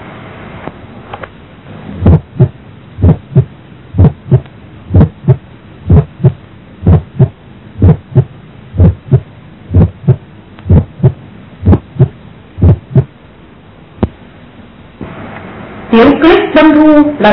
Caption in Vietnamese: Click tấm máu động mạch chủ, do hẹp van động mạch chủ bẩm sinh, nghe rõ ở mỏm và liên sườn hai phải, không thay đổi theo hô hấp. Tiếng click tấm máu động mạch chủ, không thay đổi theo hô hấp.